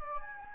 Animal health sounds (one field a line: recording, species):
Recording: mosquito wingbeat signal from an infrared sensor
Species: Anopheles gambiae